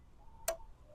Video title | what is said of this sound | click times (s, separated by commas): How to shoot NASP Original Genesis Bow | Click. All right. So, now we're clicked. | 0.5 s